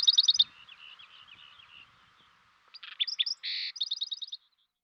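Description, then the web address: Black-throated sparrow: a trill fades into quiet twittering, then a new phrase of crisp notes, a harsh buzzy burst and a fast closing trill. Western North America. "Dan Gibson Wildlife Identification By Sound, Western North America. Black-Throated Sparrow"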